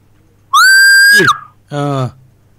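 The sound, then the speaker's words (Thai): A voice imitates a loud, high whistle, a steady rising tone that drops off, followed after a pause by a shorter, lower hooting whistle-like sound. “เสียงผิวมากเลยครับผิวปากคราวนี้แต่ดังขึ้น”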